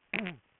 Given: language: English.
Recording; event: throat vibration sensor signal played as sound; throat clearing